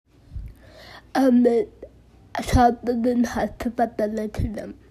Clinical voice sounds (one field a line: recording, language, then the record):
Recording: elicited speech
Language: Bengali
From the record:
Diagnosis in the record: Broca's or global aphasia after a stroke